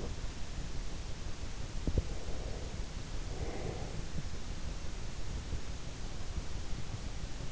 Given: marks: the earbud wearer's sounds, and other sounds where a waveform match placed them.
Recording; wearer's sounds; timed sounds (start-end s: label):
sounds in sleep by an in-ear microphone; breath
1.98-4.11 s: breath